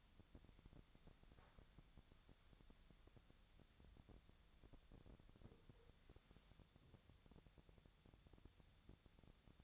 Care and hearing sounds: daily activity, microphone in the room; wipe stove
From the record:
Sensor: 3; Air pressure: 1007.0 hPa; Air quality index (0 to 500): 205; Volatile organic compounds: 18 ppm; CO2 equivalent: 2621 ppm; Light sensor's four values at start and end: 11/27/11/11 and 11/27/11/11

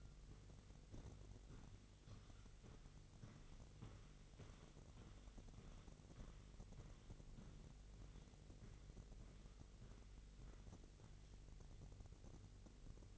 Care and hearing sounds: daily activity, microphone in the room; walk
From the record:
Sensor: 4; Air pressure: 1002.4 hPa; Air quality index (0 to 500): 216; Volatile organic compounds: 12 ppm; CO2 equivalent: 2335 ppm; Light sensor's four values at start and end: 20/71/26/26 and 20/71/26/26

